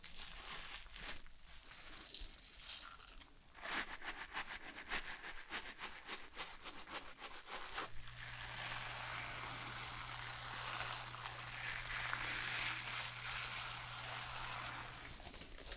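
Quick, rhythmic hair-brushing strokes for about eight seconds, then a dense, steady wet hiss of shampoo lathering over a low constant hum.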